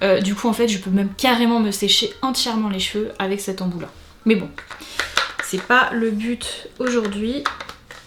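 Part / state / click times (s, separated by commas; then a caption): styling attachment onto hair styler handle / not seated / none. Someone talks while handling a plastic styling attachment for a Dyson Airwrap Complete Long hair styler, bringing it toward the styler's handle, with a brief sharp sound near the end at 7.9 s. The attachment has not yet locked onto the handle, and nothing has seated or clicked.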